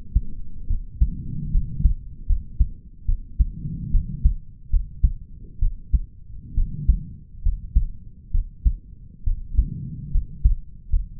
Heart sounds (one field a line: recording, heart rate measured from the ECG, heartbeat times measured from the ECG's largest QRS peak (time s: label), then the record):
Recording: heart sounds by stethoscope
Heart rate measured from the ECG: 70 bpm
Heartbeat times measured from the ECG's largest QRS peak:
0.67 s: heartbeat
1.51 s: heartbeat
2.26 s: heartbeat
3.05 s: heartbeat
3.91 s: heartbeat
4.70 s: heartbeat
5.59 s: heartbeat
6.54 s: heartbeat
7.42 s: heartbeat
8.31 s: heartbeat
9.23 s: heartbeat
10.11 s: heartbeat
10.89 s: heartbeat
From the record:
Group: healthy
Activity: rest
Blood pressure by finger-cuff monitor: 102/78 mmHg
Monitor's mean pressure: 85 mmHg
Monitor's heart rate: 70 bpm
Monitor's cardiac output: 5 L/min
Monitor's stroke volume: 70 mL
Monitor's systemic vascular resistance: 1240 dyn s/cm5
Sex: male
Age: 20 years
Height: 187 cm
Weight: 68.9 kg